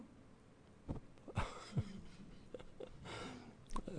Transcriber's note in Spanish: risas